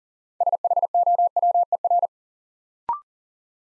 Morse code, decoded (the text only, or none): SHOWER